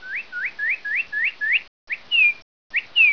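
Bird whistles a run of six quick rising notes, then, between silent gaps, more short rising whistles and longer falling whistles.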